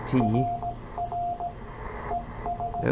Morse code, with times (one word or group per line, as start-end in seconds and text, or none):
0.2-1.5 RR
2.1-2.8 ES